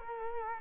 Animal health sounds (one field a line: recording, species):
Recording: mosquito wingbeat signal from an infrared sensor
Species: Culex quinquefasciatus